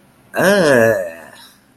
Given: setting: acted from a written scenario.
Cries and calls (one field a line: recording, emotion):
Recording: vocal sound without words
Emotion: negative surprise